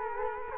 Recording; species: mosquito wingbeat signal from an infrared sensor; Culex quinquefasciatus